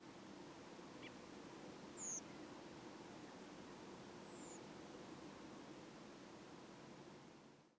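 Redwing giving two thin, very high, drawn-out tseep notes that slide slightly downward, about two seconds apart, over a steady low background rumble.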